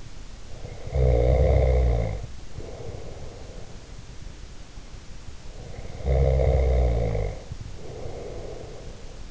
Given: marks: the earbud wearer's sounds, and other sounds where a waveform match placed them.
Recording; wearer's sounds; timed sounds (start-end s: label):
sounds in sleep by an in-ear microphone; snoring breath
0.46-3.78 s: snoring breath
5.60-9.31 s: snoring breath